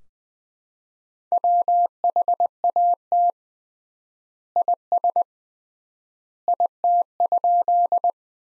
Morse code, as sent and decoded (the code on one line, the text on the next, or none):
.-- .... .- - / .. ... / .. - ..--..
WHAT IS IT?